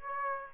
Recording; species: mosquito wingbeat signal from an infrared sensor; Aedes aegypti